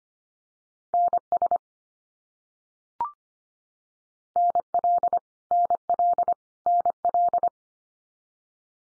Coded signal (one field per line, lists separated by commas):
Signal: Morse code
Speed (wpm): 25 wpm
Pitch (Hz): 700 Hz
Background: none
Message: NS NL NL NL